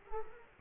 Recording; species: mosquito wingbeat signal from an infrared sensor; Culex quinquefasciatus